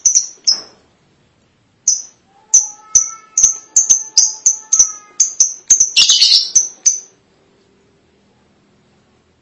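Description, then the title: Lovebird calls: a quick series of piercing high chirps, building to a short harsh squeaky flurry before silence. "Suara Burung Lovebird"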